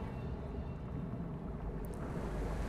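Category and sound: nature, ocean waves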